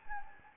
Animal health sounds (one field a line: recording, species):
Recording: mosquito wingbeat signal from an infrared sensor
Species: Anopheles gambiae